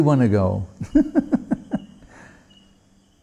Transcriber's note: laughing